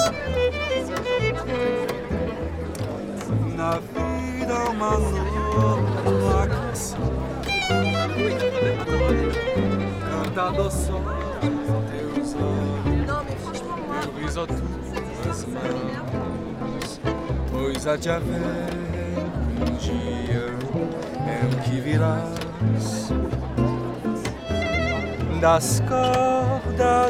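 A Nuit Debout gathering at Place du Bouffay in Nantes, with voices running throughout over a dense, continuous bed of music. A low bass line steps between notes, short sharp accents recur often, and the loudness stays even with no pauses.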